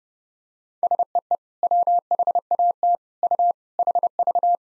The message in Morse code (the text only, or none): SEE WHAT U HV